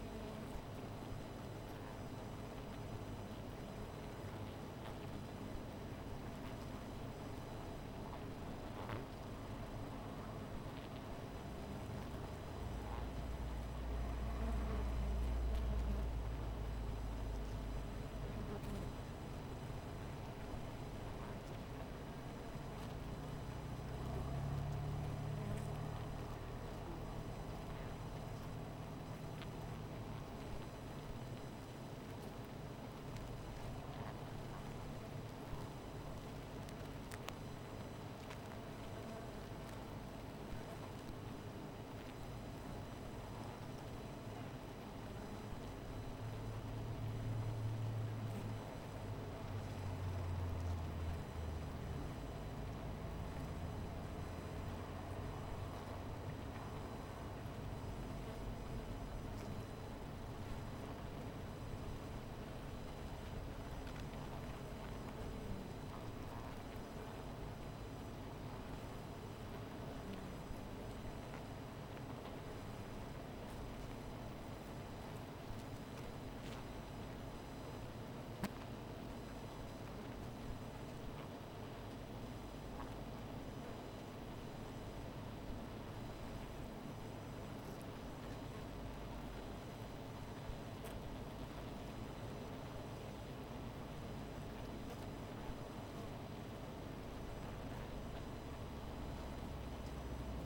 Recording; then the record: honeybee colony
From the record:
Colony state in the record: missing queen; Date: 14 July 2017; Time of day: 17:23